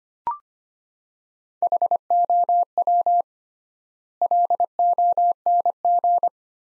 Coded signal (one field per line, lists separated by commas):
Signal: Morse code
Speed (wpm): 25 wpm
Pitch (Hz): 700 Hz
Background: none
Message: HOW LONG